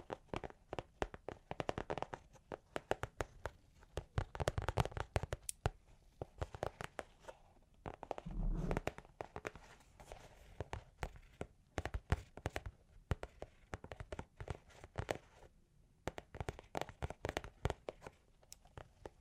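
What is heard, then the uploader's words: Long claws tap and scratch in quick, irregular bursts, with sharp clicks packed densely through most of the stretch and brief quieter gaps near six and fifteen seconds. A low thump lands around eight and a half seconds, and soft scraping fills between the taps. Long Claws Tapping and Scratching (No Talking).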